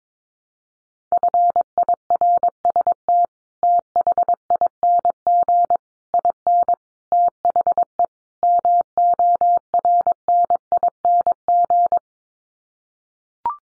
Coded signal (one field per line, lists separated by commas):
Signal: Morse code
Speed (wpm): 22 wpm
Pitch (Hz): 700 Hz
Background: none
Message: FIRST THING IN THE MORNING